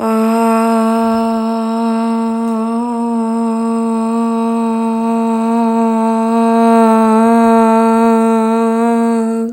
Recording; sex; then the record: sustained vowel /a/; female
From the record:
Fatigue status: no fatigue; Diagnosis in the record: COVID-19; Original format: m4a